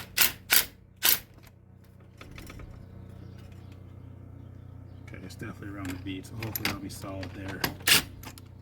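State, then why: Stripped. A cheap replacement fastener being tightened into a truck part, with someone talking over a low steady hum and a few loud broadband bursts early on. A single sharp hit sounds at 8.4 s as the fastener strips while tightening, blamed on the cheap fasteners that need to be swapped out.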